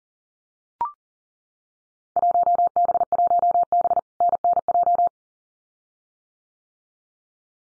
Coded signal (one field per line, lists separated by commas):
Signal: Morse code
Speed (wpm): 38 wpm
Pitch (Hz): 700 Hz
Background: none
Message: 1B1B NNJ